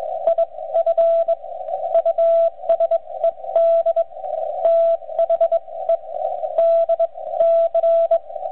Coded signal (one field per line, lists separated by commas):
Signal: Morse code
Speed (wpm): 21 wpm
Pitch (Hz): 670 Hz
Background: radio noise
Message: IF USED THE DC